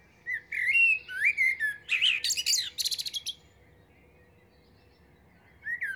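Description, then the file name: Common blackbird singing one rich warbled phrase that ends in a scratchy high twitter, then a few seconds of quiet before the next phrase begins. "Turdus merula"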